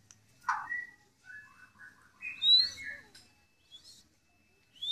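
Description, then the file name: White-rumped shama song with short separated whistles and sweeping high notes between pauses. Shama song imitating canary and kingfisher (tengkek) phrases, the 'tembakan' style. "murai batu tembakan kenari tengkek"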